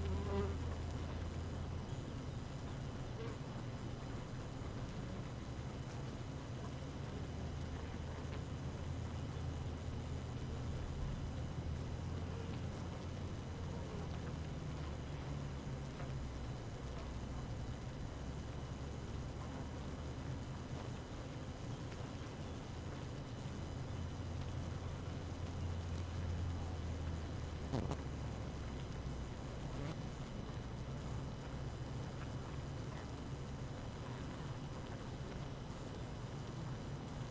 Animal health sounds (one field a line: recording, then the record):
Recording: honeybee colony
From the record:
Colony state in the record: active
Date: 12 June 2018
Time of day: 6:24